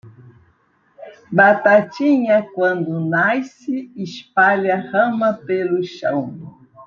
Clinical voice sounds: short text; Brazilian Portuguese; female; 70 to 79 years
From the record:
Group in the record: control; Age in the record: 70 years

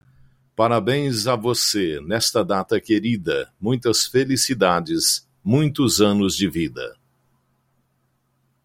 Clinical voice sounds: short text; Brazilian Portuguese; male; 60 to 69 years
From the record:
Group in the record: control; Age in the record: 63 years

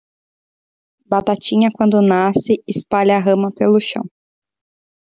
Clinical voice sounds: short text; Brazilian Portuguese; female; 30 to 39 years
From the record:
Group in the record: control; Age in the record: 30 years

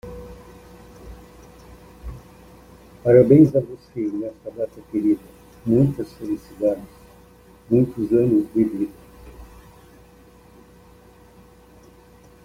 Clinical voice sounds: short text; Brazilian Portuguese; male; 70 to 79 years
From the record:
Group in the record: control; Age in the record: 74 years

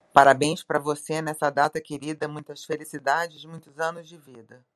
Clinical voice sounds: short text; Brazilian Portuguese; female; 50 to 59 years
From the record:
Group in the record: control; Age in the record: 52 years

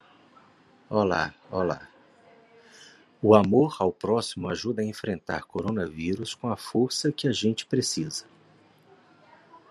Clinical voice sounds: spoken sentence; Brazilian Portuguese; male; 40 to 49 years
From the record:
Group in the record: control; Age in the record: 46 years

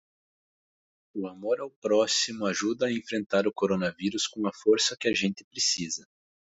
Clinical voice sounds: spoken sentence; Brazilian Portuguese; male; 40 to 49 years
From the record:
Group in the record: control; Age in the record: 40 years

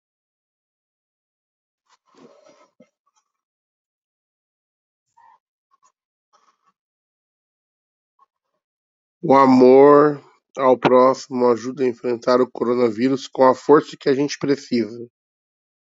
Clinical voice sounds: spoken sentence; Brazilian Portuguese; male; 30 to 39 years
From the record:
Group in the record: control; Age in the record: 38 years

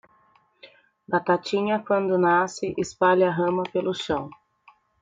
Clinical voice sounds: short text; Brazilian Portuguese; female; 20 to 29 years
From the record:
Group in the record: control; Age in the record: 25 years

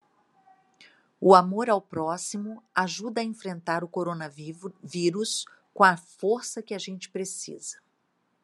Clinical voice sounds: spoken sentence; Brazilian Portuguese; female; 60 to 69 years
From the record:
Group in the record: control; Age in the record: 60 years

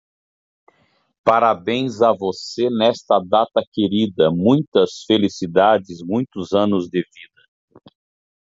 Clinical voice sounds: short text; Brazilian Portuguese; male; 50 to 59 years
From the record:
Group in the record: control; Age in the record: 54 years

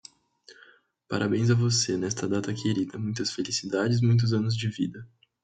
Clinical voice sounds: short text; Brazilian Portuguese; male; 18 to 19 years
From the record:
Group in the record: control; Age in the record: 19 years

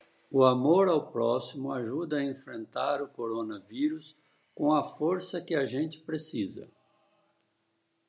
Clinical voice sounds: spoken sentence; Brazilian Portuguese; female; 60 to 69 years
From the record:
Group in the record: control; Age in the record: 63 years

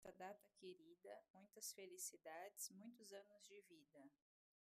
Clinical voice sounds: short text; Brazilian Portuguese; female; 30 to 39 years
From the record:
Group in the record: control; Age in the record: 34 years

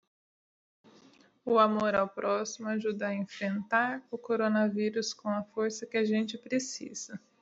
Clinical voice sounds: spoken sentence; Brazilian Portuguese; female; 20 to 29 years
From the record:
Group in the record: control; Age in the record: 29 years

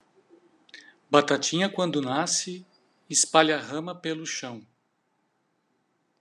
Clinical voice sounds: short text; Brazilian Portuguese; male; 40 to 49 years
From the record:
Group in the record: control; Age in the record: 48 years

